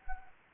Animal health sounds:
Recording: mosquito wingbeat signal from an infrared sensor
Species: Anopheles arabiensis

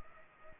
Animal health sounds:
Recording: mosquito wingbeat signal from an infrared sensor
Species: Culex pipiens

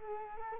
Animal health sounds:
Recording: mosquito wingbeat signal from an infrared sensor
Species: Culex quinquefasciatus

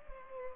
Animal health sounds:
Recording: mosquito wingbeat signal from an infrared sensor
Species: Culex pipiens

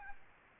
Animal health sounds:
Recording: mosquito wingbeat signal from an infrared sensor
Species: Aedes albopictus

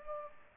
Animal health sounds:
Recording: mosquito wingbeat signal from an infrared sensor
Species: Culex pipiens

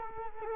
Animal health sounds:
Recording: mosquito wingbeat signal from an infrared sensor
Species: Culex quinquefasciatus

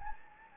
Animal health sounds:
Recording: mosquito wingbeat signal from an infrared sensor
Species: Anopheles gambiae

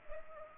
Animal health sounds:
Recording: mosquito wingbeat signal from an infrared sensor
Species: Culex pipiens

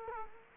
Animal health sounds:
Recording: mosquito wingbeat signal from an infrared sensor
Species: Culex quinquefasciatus

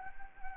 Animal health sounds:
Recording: mosquito wingbeat signal from an infrared sensor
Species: Anopheles arabiensis

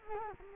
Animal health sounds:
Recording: mosquito wingbeat signal from an infrared sensor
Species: Culex quinquefasciatus

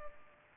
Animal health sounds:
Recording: mosquito wingbeat signal from an infrared sensor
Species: Culex pipiens

